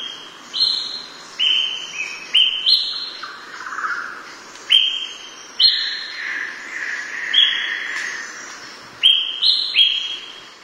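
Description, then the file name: Green oriole singing a long run of clear, flat whistled notes that jump between pitch levels, given in quick groups separated by short pauses, with a softer warbled passage midway. "Canto do pirolle verde"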